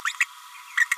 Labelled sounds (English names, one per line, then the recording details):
Green-rumped Parrotlet babbling
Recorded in a nest box in Venezuela
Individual 18B25A5